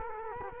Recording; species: mosquito wingbeat signal from an infrared sensor; Culex quinquefasciatus